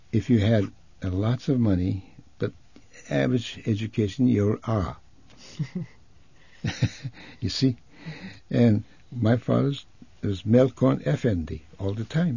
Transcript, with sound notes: If you have lots of money but average education, you're R. ( they laugh ) You see? And my father was called Melkon effendi, all the time.